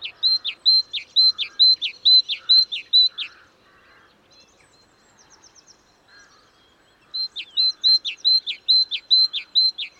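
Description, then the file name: Great tit singing ringing two-note phrases in a fast even series, pausing for several seconds amid faint twittering, then starting another run of the same phrases. "Parus major"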